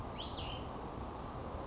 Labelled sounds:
Cassin's Vireo (Vireo cassinii)
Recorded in Sonoma County, California

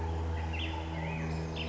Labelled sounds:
Black-headed Grosbeak (Pheucticus melanocephalus)
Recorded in Sonoma County, California

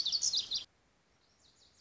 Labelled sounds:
Lazuli Bunting (Passerina amoena)
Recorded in Sonoma County, California

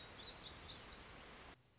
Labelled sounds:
Black-throated Gray Warbler (Setophaga nigrescens)
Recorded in Sonoma County, California

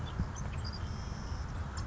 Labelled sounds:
Savannah Sparrow (Passerculus sandwichensis)
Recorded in Sonoma County, California

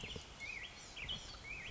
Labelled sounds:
Black-headed Grosbeak (Pheucticus melanocephalus)
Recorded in Sonoma County, California

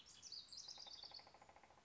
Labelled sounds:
House Wren (Troglodytes aedon)
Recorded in Sonoma County, California

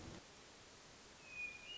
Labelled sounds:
Hermit Thrush (Catharus guttatus)
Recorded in Sonoma County, California

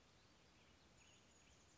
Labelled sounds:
Western Tanager (Piranga ludoviciana)
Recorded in Sonoma County, California

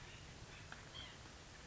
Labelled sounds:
White-breasted Nuthatch (Sitta carolinensis)
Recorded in Sonoma County, California

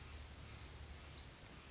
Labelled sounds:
Brown Creeper (Certhia americana)
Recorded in Sonoma County, California

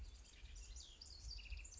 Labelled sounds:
House Wren (Troglodytes aedon)
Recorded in Sonoma County, California

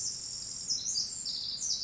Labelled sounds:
Pacific Wren (Troglodytes pacificus)
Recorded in Sonoma County, California

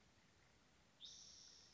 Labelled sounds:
Spotted Towhee (Pipilo maculatus)
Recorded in Sonoma County, California

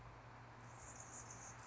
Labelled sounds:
Anna's Hummingbird (Calypte anna)
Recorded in Sonoma County, California

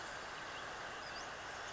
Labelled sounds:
Western Flycatcher (Empidonax difficilis)
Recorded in Sonoma County, California

